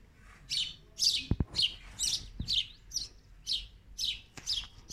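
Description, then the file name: Bird calls, a run of high chirps about two per second, broken by a few sharp clicks. Birds at a window. "Souleh Field Recording - birds at the window"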